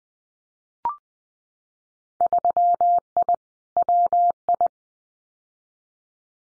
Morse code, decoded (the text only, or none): 3I WI